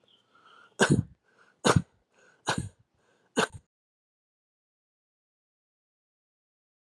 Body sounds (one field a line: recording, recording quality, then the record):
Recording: shallow voluntary cough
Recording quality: excellent, no background noise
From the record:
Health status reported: healthy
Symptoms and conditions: none ticked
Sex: male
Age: 50 years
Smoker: not ticked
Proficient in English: yes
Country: United States